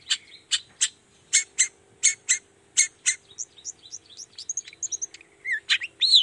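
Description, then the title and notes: Long-tailed shrike song: spaced harsh grating notes, then a jumble of thin high whistles and squeaky slurred notes, ending with a few louder whistled notes. Morning; energetic, full-voiced singing with variations including a "toet toet" sound; used to provoke other shrikes to respond. "Cendet Gacor Dor Di Kala Pagi Toet Toet Variasi Suara. Cendet Gacor Pagi Hari. Burung cendet"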